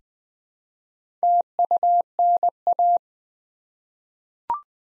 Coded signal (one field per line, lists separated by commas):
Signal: Morse code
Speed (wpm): 20 wpm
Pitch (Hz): 700 Hz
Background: none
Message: TUNA